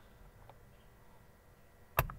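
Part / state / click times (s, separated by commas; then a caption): plastic switch piece into round socket of steering wheel switch assembly / seated / 2.0 s. A second plastic switch piece is pressed into the round socket of a Toyota Vios steering wheel switch button assembly during repair. After near-quiet with a faint tick at 0.5 s, a sharp snap at 2.0 s and a smaller follow-up tick at 2.1 s are heard. The piece clicks into the round seat and locks in place.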